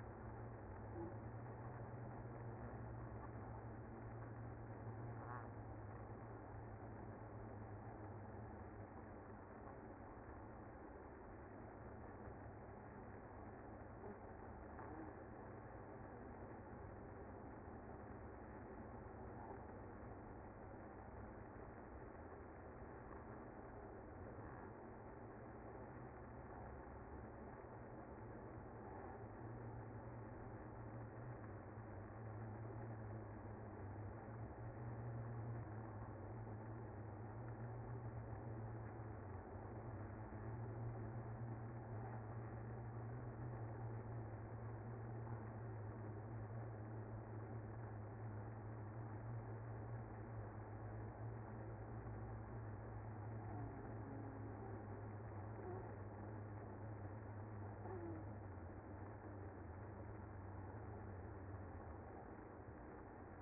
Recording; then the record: honeybee colony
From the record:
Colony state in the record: active